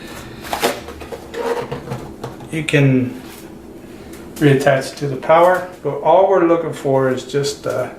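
A battery lock latch on a Toshiba laptop is slid into place after the battery is seated, giving a sharp click at 0.5 s, followed by a few softer handling taps. Someone talks through most of the clip, and the battery ends up seated and locked.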